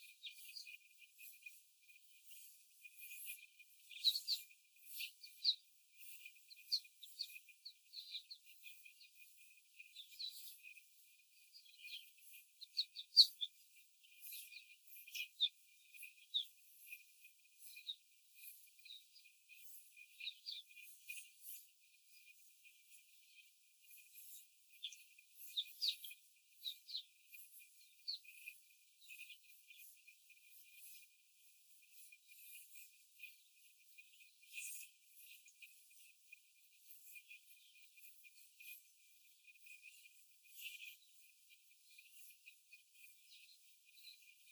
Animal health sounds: young laying hens in a cage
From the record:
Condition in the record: before the stressor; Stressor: simulated dog barking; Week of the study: 4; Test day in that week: 1

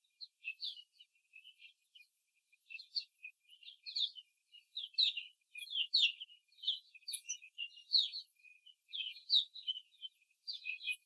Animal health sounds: young laying hens in a cage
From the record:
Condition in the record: before the stressor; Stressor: simulated dog barking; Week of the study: 3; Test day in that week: 2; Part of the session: 3

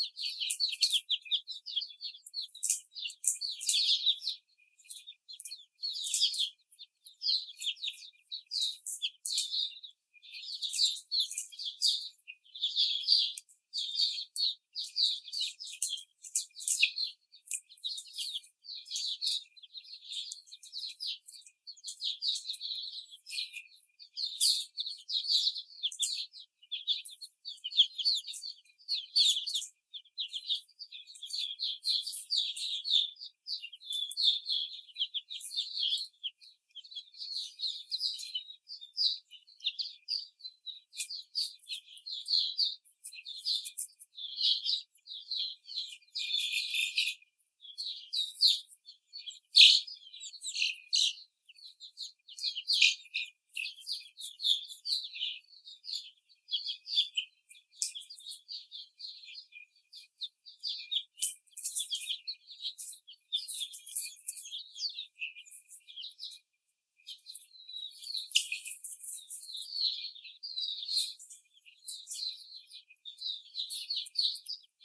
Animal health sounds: young laying hens in a cage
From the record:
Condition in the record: before the stressor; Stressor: simulated dog barking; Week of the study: 4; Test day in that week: 3

